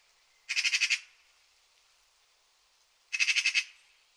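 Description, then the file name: Eurasian magpie chatter: two brief, grating rattles of fast repeated clicks, about two and a half seconds apart, with faint background hiss. "Pica pica"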